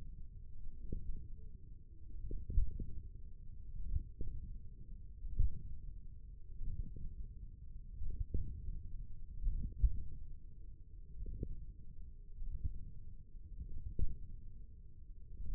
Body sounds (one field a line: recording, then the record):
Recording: forearm muscle sounds (acoustic myography)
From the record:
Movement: wrist extension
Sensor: system 1, eight BSWA MPA416 microphones around the upper forearm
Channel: 2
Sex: male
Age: 28 years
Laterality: right